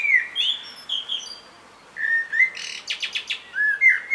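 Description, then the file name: Common blackbird song: mellow fluted whistles sliding around a mid pitch, broken by a quick burst of high, scratchy twittering notes, then more low warbled whistles. "Turdus merula"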